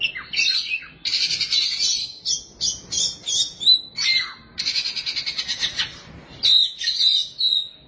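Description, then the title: Oriental magpie-robin song of chattering trills and buzzy notes mixed with high whistles, in phrases broken by short gaps. "Suara Kicauan Burung Kacer"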